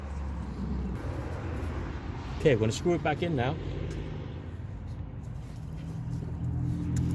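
A spark plug is threaded back by hand, gently, into the cylinder head of a 2026 Ford Mustang 2.3L engine before it is tightened with a ratchet. Someone talks briefly over a steady low rumble, and a faint short tick comes near 7.0 s. Nothing has seated or clicked yet.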